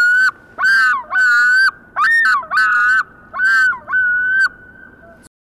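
Loon giving a series of loud quavering tremolo bursts, each about half a second, laughing and wavering, ending in a long steady wail.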